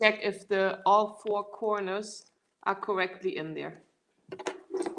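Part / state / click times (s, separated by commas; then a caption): air hose connector into compression recovery boot / seated / 4.5 s. Someone talks while pressing the air-hose connector of a lymphatic compression recovery boot into its port so that all four corners engage and no air leaks. A short, sharp click is heard at 4.5 s among a few brief knocks. The connector is seated.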